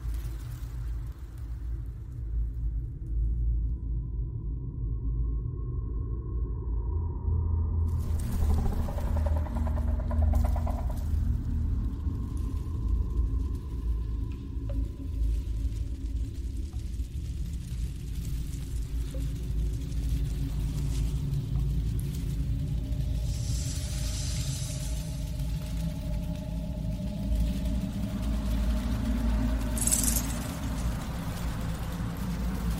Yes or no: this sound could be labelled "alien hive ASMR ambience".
yes